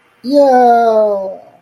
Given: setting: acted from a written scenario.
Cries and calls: vocal sound without words; elation

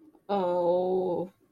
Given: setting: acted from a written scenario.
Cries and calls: vocal sound without words; guilt

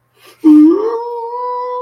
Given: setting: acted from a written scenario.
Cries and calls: vocal sound without words; pain

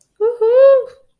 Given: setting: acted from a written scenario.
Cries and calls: vocal sound without words; triumph

